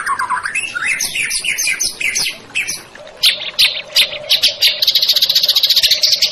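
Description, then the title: White-rumped shama song: rich varied whistles, chatters and squawky notes in quick phrases, ending in a rapid buzzy high trill. Masteran song-tutoring recording of a champion white-rumped shama, used to train songbirds. "Masteran Murai Batu Juara"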